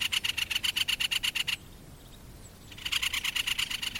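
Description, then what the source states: Great spotted woodpecker uttering a rapid, grating chatter, pausing briefly, then rattling again. Harsh scolding chatter call (räksytys).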